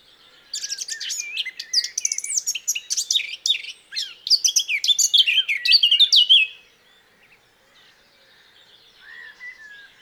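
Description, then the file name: Eurasian blackcap warbling song, about six seconds of fast, rich, jumbled notes, followed by quiet, with a brief soft whistle near the end. "Sylvia atricapilla"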